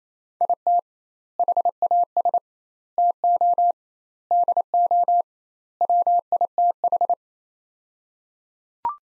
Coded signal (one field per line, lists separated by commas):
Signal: Morse code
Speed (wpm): 28 wpm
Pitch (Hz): 700 Hz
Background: none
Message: IT HAS TO DO WITH